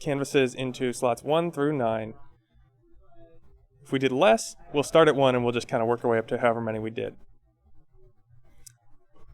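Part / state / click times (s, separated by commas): petri dish canvas into robot deck slot / seated / 8.7 s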